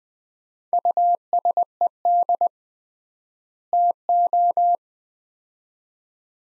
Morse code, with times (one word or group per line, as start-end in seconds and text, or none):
0.7-2.5 USED
3.7-4.8 TO